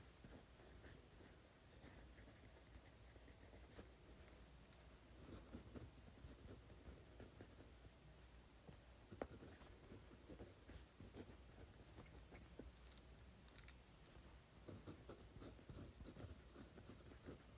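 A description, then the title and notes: A fountain pen scratches steadily across paper in a dense run of short, papery strokes, with brighter clicks and flicks scattered throughout, one sharper tap near nine seconds. A faint low hum sits underneath for most of the recording. ASMR Writing with a Fountain Pen.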